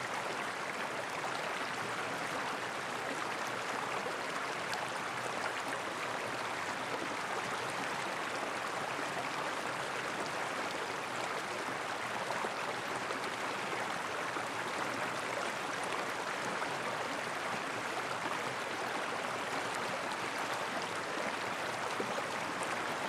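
A small stream flows steadily, its water making a dense, constant rushing hiss that stays bright and even from start to finish. Fine bubbling and trickling detail runs through the wash, with no pauses, distinct splashes or other sounds standing out.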